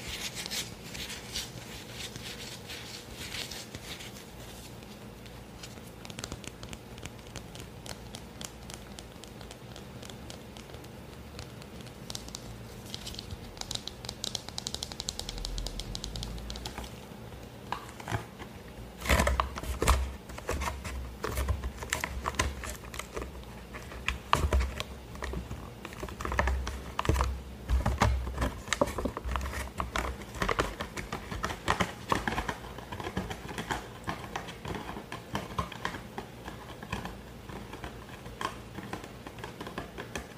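ASMR with objects from a set, made of dense taps and clicks like typing on a keyboard. The first half is softer with a faint rustling hiss, then from about 19 seconds the tapping turns louder and busier, with sharp knocks and low thuds.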